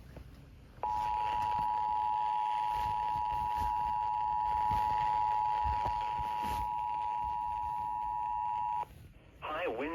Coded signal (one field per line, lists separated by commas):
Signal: Emergency Alert System (SAME) tones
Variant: 853 and 960 Hz attention tone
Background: speech